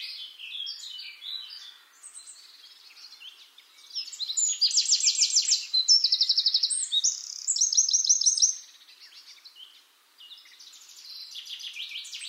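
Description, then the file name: Eurasian wren singing a burst of shrill, rattling trills and quick high notes for about five seconds, with quieter bird song before and after. "Troglodytes troglodytes"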